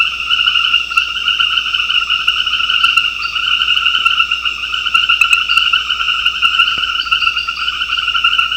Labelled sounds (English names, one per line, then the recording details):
none
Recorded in secondary vegetation near Puerto Asís, Putumayo, Colombia, on 13 March 2025 at 21:00
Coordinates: 0.498, -76.327
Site G001